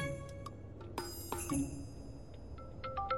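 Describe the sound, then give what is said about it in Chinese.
A melodic phone ringtone plays a string of short, bright electronic tones that step up and down in pitch, with a couple of sharp clicks early on. No one speaks. “快到蓝河家时，宋福坦的舅舅打电话给他，好像是聊开始筹备新电影之事”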